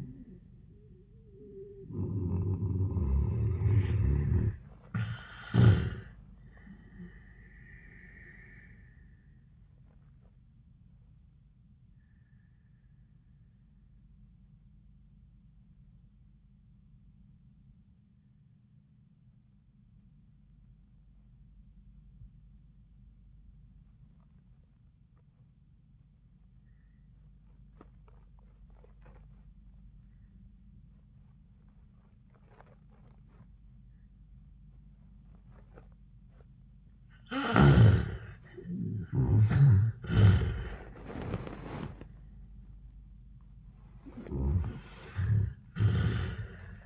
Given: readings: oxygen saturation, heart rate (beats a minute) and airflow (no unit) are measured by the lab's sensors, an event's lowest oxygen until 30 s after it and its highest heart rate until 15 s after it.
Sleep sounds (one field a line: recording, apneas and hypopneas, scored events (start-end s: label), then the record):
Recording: breathing in sleep by a smartphone at the bedside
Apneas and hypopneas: 1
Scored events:
15.00-39.00 s: obstructive apnea (N1, oxygen 92% highest, then 74% lowest, heart rate 78 at the start, 101 highest)
24.00-46.86 s: new sleep stage, N2 (light sleep)
From the record:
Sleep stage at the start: N1 (lightest sleep)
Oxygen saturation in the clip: 71 to 92%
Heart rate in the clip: 78 to 99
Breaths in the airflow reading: 4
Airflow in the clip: -24.2 to 13.1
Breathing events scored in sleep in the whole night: 400 in 8.7 hours asleep